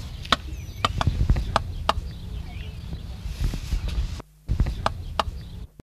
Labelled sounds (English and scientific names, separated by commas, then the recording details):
Indian Peafowl (Pavo cristatus) call
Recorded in captivity
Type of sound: call
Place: Zoo Braunschweig-Stöckheim, Niedersachsen, DE
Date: 1970-07-04
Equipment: Halbspur, 9,5 cm/s
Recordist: Lütgens, Hans
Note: blaue führende Pfauhenne warnt